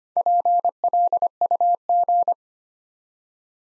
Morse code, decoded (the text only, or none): PLUG